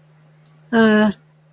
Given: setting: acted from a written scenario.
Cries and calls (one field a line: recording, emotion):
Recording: vocal sound without words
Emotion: neutral